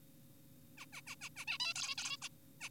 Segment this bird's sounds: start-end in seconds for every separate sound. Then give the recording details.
0.78-0.86, 0.93-1.02, 1.07-1.16, 1.22-1.29, 1.36-1.45, 1.48-1.58, 1.60-1.74, 1.76-1.95, 1.98-2.17, 2.22-2.29, 2.61-2.69. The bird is an adult. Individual g4p5U